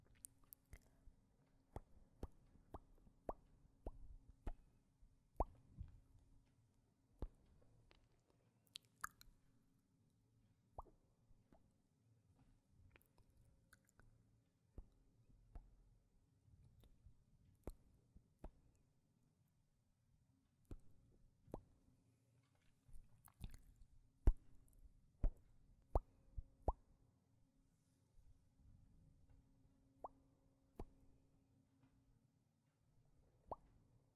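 Kissing and lip sounds with lipstick triggers: sharp wet pops and smacks come irregularly throughout, over a faint steady low hum.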